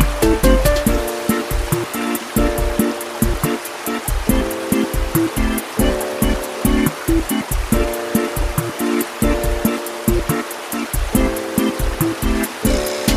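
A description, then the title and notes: Rushing waterfall hiss runs beneath steady rhythmic music, with a regular, quick beat and sustained low and middle tones throughout. Costa Rica Rainforest Waterfall Sounds & Soothing Music.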